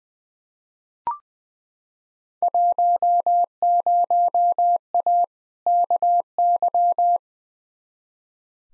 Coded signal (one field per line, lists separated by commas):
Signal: Morse code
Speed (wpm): 20 wpm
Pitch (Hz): 700 Hz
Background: none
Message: 10A KY